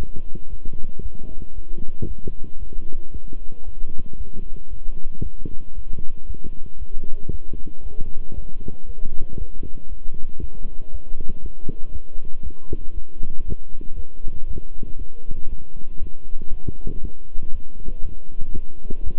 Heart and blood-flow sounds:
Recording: heart sounds by stethoscope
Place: between the tricuspid and mitral areas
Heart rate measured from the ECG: 117 bpm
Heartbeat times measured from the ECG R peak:
0.48 s: heartbeat
1.00 s: heartbeat
1.53 s: heartbeat
2.05 s: heartbeat
2.58 s: heartbeat
3.10 s: heartbeat
3.63 s: heartbeat
4.15 s: heartbeat
4.68 s: heartbeat
5.21 s: heartbeat
5.73 s: heartbeat
6.25 s: heartbeat
6.77 s: heartbeat
7.29 s: heartbeat
7.81 s: heartbeat
8.33 s: heartbeat
8.84 s: heartbeat
9.36 s: heartbeat
9.87 s: heartbeat
10.38 s: heartbeat
10.89 s: heartbeat
11.40 s: heartbeat
11.91 s: heartbeat
12.41 s: heartbeat
12.92 s: heartbeat
13.43 s: heartbeat
13.94 s: heartbeat
14.45 s: heartbeat
14.96 s: heartbeat
15.47 s: heartbeat
15.98 s: heartbeat
16.48 s: heartbeat
16.99 s: heartbeat
17.50 s: heartbeat
18.01 s: heartbeat
18.51 s: heartbeat
19.02 s: heartbeat
From the record:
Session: walking at 3.7 km/h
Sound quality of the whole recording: good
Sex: male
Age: 26 years

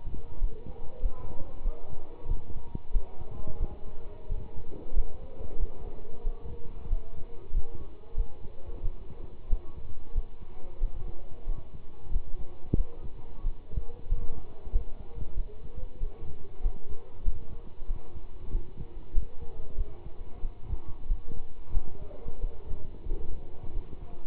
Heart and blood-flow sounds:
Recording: heart sounds by stethoscope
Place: between the tricuspid and mitral areas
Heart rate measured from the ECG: 93 bpm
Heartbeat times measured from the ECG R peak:
0.39 s: heartbeat
1.00 s: heartbeat
1.63 s: heartbeat
2.27 s: heartbeat
2.92 s: heartbeat
3.58 s: heartbeat
4.28 s: heartbeat
4.94 s: heartbeat
5.58 s: heartbeat
6.23 s: heartbeat
6.89 s: heartbeat
7.52 s: heartbeat
8.15 s: heartbeat
8.81 s: heartbeat
9.48 s: heartbeat
10.13 s: heartbeat
10.79 s: heartbeat
11.45 s: heartbeat
12.11 s: heartbeat
12.76 s: heartbeat
13.42 s: heartbeat
14.08 s: heartbeat
14.71 s: heartbeat
15.35 s: heartbeat
15.99 s: heartbeat
16.61 s: heartbeat
17.23 s: heartbeat
17.87 s: heartbeat
18.51 s: heartbeat
19.13 s: heartbeat
19.76 s: heartbeat
20.41 s: heartbeat
21.07 s: heartbeat
21.72 s: heartbeat
22.41 s: heartbeat
23.08 s: heartbeat
23.73 s: heartbeat
From the record:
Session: pedaling a stationary bicycle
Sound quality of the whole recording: good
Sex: male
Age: 27 years

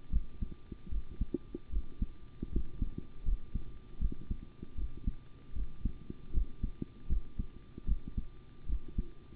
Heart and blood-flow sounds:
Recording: heart sounds by stethoscope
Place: between the tricuspid and mitral areas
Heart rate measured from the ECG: 77 bpm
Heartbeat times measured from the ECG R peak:
0.10 s: heartbeat
0.89 s: heartbeat
1.70 s: heartbeat
2.50 s: heartbeat
3.23 s: heartbeat
3.99 s: heartbeat
4.75 s: heartbeat
5.53 s: heartbeat
6.32 s: heartbeat
7.07 s: heartbeat
7.86 s: heartbeat
8.67 s: heartbeat
From the record:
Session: rest, sitting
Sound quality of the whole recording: good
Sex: male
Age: 25 years

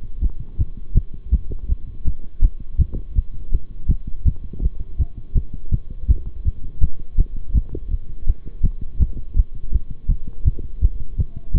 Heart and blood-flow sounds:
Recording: heart sounds by stethoscope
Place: between the tricuspid and mitral areas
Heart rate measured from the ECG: 164 bpm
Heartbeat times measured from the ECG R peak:
0.22 s: heartbeat
0.59 s: heartbeat
0.95 s: heartbeat
1.32 s: heartbeat
1.69 s: heartbeat
2.05 s: heartbeat
2.42 s: heartbeat
2.79 s: heartbeat
3.16 s: heartbeat
3.52 s: heartbeat
3.89 s: heartbeat
4.25 s: heartbeat
4.62 s: heartbeat
4.99 s: heartbeat
5.35 s: heartbeat
5.72 s: heartbeat
6.08 s: heartbeat
6.45 s: heartbeat
6.81 s: heartbeat
7.18 s: heartbeat
7.54 s: heartbeat
7.91 s: heartbeat
8.27 s: heartbeat
8.63 s: heartbeat
9.00 s: heartbeat
9.36 s: heartbeat
9.73 s: heartbeat
10.09 s: heartbeat
10.45 s: heartbeat
10.82 s: heartbeat
11.18 s: heartbeat
11.54 s: heartbeat
From the record:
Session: bicycle stress test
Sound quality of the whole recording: good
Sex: male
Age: 23 years

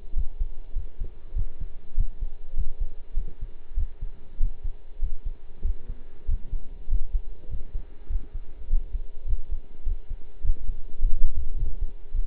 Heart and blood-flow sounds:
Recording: heart sounds by stethoscope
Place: between the tricuspid and mitral areas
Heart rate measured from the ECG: 100 bpm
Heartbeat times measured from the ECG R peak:
0.16 s: heartbeat
0.75 s: heartbeat
1.35 s: heartbeat
1.96 s: heartbeat
2.56 s: heartbeat
3.16 s: heartbeat
3.76 s: heartbeat
4.39 s: heartbeat
5.01 s: heartbeat
5.64 s: heartbeat
6.27 s: heartbeat
6.90 s: heartbeat
7.50 s: heartbeat
8.09 s: heartbeat
8.69 s: heartbeat
9.27 s: heartbeat
9.85 s: heartbeat
10.43 s: heartbeat
11.01 s: heartbeat
11.57 s: heartbeat
12.13 s: heartbeat
From the record:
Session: pedaling a stationary bicycle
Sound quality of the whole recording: partially saturated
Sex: male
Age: 23 years

